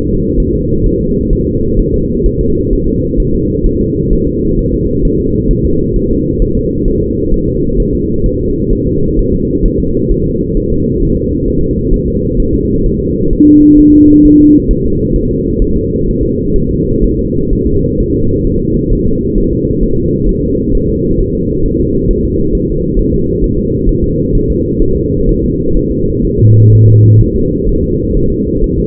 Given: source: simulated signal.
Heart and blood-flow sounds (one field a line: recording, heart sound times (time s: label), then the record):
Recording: fetal heart sounds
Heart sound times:
0.09 s: S2
0.40 s: S1
0.55 s: S2
0.86 s: S1
1.01 s: S2
1.33 s: S1
1.48 s: S2
1.80 s: S1
1.94 s: S2
2.26 s: S1
2.41 s: S2
2.73 s: S1
2.88 s: S2
3.20 s: S1
3.35 s: S2
3.66 s: S1
3.81 s: S2
4.13 s: S1
4.28 s: S2
4.59 s: S1
4.74 s: S2
5.05 s: S1
5.20 s: S2
5.51 s: S1
5.65 s: S2
5.96 s: S1
6.11 s: S2
6.42 s: S1
6.57 s: S2
6.88 s: S1
7.03 s: S2
7.34 s: S1
7.48 s: S2
7.80 s: S1
7.95 s: S2
8.26 s: S1
8.41 s: S2
8.73 s: S1
8.87 s: S2
9.19 s: S1
9.34 s: S2
9.66 s: S1
9.80 s: S2
10.12 s: S1
10.26 s: S2
10.57 s: S1
10.72 s: S2
11.02 s: S1
11.17 s: S2
11.48 s: S1
11.63 s: S2
11.94 s: S1
12.08 s: S2
12.40 s: S1
12.54 s: S2
12.86 s: S1
13.01 s: S2
13.33 s: S1
13.48 s: S2
13.79 s: S1
13.94 s: S2
14.25 s: S1
14.40 s: S2
14.71 s: S1
14.85 s: S2
15.16 s: S1
15.31 s: S2
15.62 s: S1
15.76 s: S2
16.08 s: S1
16.23 s: S2
16.56 s: S1
16.71 s: S2
17.04 s: S1
17.19 s: S2
17.53 s: S1
17.67 s: S2
18.00 s: S1
18.15 s: S2
18.47 s: S1
18.62 s: S2
18.93 s: S1
19.07 s: S2
19.38 s: S1
19.53 s: S2
19.83 s: S1
19.98 s: S2
20.29 s: S1
20.44 s: S2
20.75 s: S1
20.89 s: S2
21.21 s: S1
21.35 s: S2
21.66 s: S1
21.80 s: S2
22.11 s: S1
22.25 s: S2
22.55 s: S1
22.70 s: S2
22.99 s: S1
23.14 s: S2
23.44 s: S1
23.59 s: S2
23.89 s: S1
24.04 s: S2
24.35 s: S1
24.50 s: S2
24.82 s: S1
24.97 s: S2
25.29 s: S1
25.44 s: S2
25.77 s: S1
25.91 s: S2
26.25 s: S1
26.39 s: S2
26.73 s: S1
26.88 s: S2
27.21 s: S1
27.36 s: S2
27.69 s: S1
27.84 s: S2
28.17 s: S1
28.32 s: S2
28.64 s: S1
28.79 s: S2
From the record:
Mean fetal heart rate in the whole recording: 130 bpm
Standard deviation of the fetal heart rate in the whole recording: 4 bpm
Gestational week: 38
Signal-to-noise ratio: -15.3 dB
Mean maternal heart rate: 72 bpm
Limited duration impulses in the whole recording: present